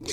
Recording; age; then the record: pig call; weaner (32 to 43 days)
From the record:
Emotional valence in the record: negative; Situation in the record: novel object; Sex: female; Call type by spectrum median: high-frequency call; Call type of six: high-frequency stable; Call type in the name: high-frequency stable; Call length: 0.13 s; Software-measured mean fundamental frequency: 204 Hz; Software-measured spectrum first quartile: 632 Hz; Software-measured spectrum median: 3241 Hz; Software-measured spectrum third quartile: 5605 Hz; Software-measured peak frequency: 418 Hz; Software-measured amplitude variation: 106 dB a second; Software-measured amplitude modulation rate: 22.5 a second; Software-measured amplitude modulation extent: 4.7 dB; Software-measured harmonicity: 1.8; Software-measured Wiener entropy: -3.25